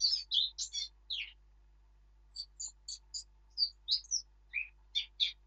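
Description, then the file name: Eurasian blackcap song: a brief burst of chattering notes, a pause, then a run of separate high chirps and short whistles. "Sylvia atricapilla"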